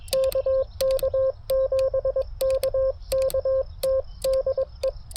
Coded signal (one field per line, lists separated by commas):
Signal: Morse code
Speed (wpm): 21 wpm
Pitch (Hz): 530 Hz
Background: radio noise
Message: KK7KKT DE